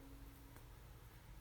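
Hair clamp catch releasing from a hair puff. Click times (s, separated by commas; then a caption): 0.6 s. Someone pushes the arms of a plastic PuffCuff hair clamp to release its toothed catch so it can be opened and taken out of a hair puff. After a quiet stretch with a faint steady hum, the catch gives a short, sharp pop at 0.6 s, and the clamp's arms spring open, released.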